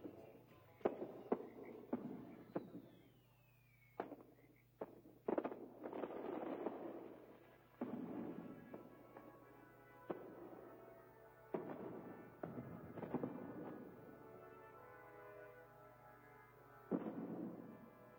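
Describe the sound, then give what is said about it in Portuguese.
Fourth of July fireworks in New York explode in an irregular volley of sharp booms and crackling bursts, with one descending whistle early on and a steady low hum underneath throughout. “Neste 4 de julho, temos a maior mostra de fogos de artifício”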